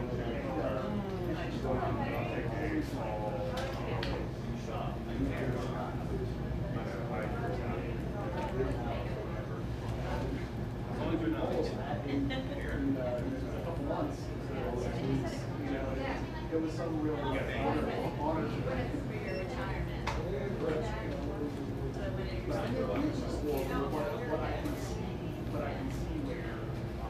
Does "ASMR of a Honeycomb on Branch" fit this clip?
no